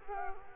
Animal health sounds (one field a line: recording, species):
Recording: mosquito wingbeat signal from an infrared sensor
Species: Culex quinquefasciatus